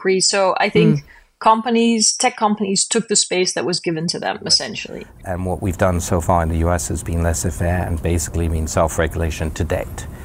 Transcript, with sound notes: So I think tech companies took the space that was given to them essentially. (sound bite - Yahoo Finance: CEO talks Big Tech and rights of users) And what we've done so far in the US has been less than fair and basically means self-regulation to date.